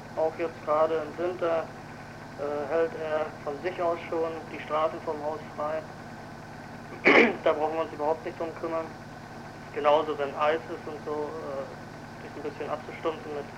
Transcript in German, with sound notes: Auch jetz' gerade im Winter - äh - hält er von sich aus schon die Straße vorm Haus [räuspert] Da brauchen wir uns überhaupt nich' drum kümmern. Is' genau so, wenn Eis is' und so, äh - das 'n bisschen abzustumpfen mit